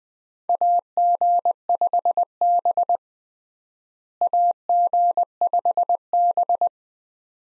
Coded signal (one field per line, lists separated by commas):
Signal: Morse code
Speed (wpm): 20 wpm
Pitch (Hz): 700 Hz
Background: none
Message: AG5B AG5B